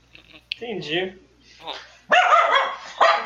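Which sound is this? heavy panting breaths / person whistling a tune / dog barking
dog barking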